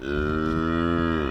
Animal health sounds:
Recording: contact call of a hoofed animal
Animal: cattle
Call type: low-frequency (closed-mouth) or high-frequency (open-mouth) call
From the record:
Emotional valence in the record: negative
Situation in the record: full separation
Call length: 1.32 s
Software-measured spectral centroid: 1240 Hz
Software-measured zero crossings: 1260 a second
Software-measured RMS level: -24 dBFS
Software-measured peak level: -12 dBFS

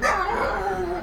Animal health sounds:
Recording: contact call of a hoofed animal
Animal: wild boar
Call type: grunt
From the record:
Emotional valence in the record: negative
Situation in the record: naturally occurring agonistic interactions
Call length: 1.02 s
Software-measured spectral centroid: 1990 Hz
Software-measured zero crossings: 1850 a second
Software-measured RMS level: -24 dBFS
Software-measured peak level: -8 dBFS

